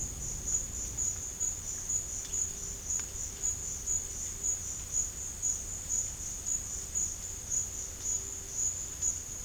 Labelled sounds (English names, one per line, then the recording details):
none
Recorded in dense forest near Puerto Asís, Putumayo, Colombia, on 22 June 2025 at 12:30
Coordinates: 0.481, -76.323
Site G072